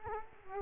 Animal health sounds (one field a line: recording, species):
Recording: mosquito wingbeat signal from an infrared sensor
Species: Culex quinquefasciatus